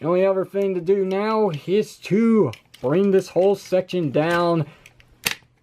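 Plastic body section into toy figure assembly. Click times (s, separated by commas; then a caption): 5.3 s. Someone talks while a plastic body section of a large transforming toy figure is brought down during assembly. A sharp, loud plastic click at 5.3 seconds marks the section clipping into place, seated.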